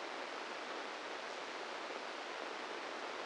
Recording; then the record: brain microelectrode recording played as sound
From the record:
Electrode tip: inside the subthalamic nucleus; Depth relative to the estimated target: -3 mm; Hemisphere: left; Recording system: NeuroSet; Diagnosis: Parkinson's disease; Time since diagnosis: 8 years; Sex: male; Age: 46 years